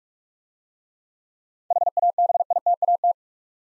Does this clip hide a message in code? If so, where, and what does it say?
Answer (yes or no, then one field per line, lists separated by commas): yes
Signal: Morse code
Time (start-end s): 1.7-3.1 s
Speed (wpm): 44 wpm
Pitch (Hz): 700 Hz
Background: none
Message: HABITAT